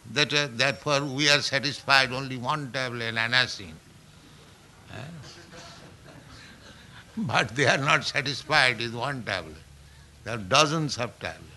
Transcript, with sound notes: therefore we are satisfied only one tablet, Anacin. [laughter] [chuckles] But they are not satisfied with one tablet. They have dozens of tablet.